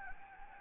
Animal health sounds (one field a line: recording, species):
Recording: mosquito wingbeat signal from an infrared sensor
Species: Anopheles gambiae